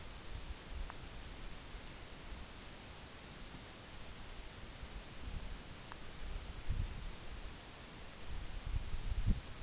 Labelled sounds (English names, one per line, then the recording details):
none
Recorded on Arctic tundra, site NAIT-1, on 24 June 2019
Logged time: 14:00